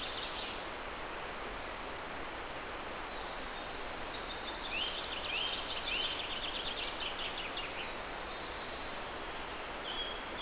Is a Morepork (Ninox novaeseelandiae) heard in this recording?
no